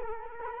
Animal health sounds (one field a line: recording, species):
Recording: mosquito wingbeat signal from an infrared sensor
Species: Culex quinquefasciatus